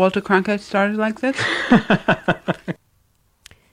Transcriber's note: laughter